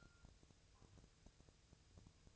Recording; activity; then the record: daily activity, microphone in the room; take from stove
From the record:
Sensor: 2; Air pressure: 999.2 hPa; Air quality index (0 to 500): 196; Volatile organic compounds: 27 ppm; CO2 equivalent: 2890 ppm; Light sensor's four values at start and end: 6/15/6/6 and 6/15/6/6